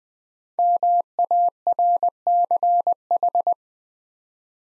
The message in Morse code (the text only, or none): MARCH